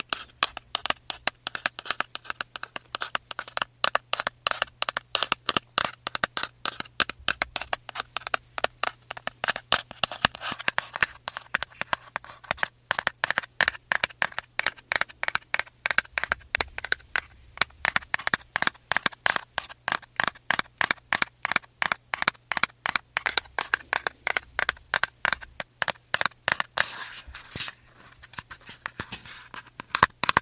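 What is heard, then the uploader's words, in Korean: Fingertips tap steadily on a cosmetics box for the full stretch, crisp bright clicks in a quick, fairly regular rhythm over a faint low hum. ASMR 화장품 박스 탭핑 소리 가득.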